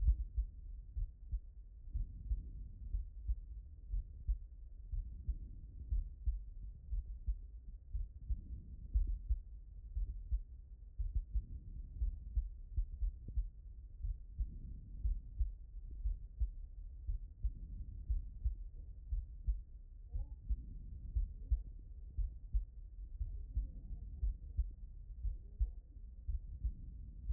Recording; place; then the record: heart sounds by stethoscope; pulmonary valve (PV)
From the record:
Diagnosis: non-HFrEF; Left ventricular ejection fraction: 66%